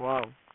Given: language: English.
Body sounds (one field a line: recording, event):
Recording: throat vibration sensor signal played as sound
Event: speech